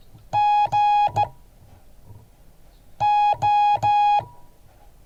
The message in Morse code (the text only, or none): GO